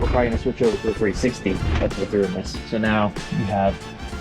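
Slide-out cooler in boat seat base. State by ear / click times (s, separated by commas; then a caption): not seated / none. A slide-out cooler in the seat base of a 2025 Seafox 288 Commander boat is being handled while someone talks over loud background music. Nothing has seated or clicked yet; the cooler has not yet locked into its extended position.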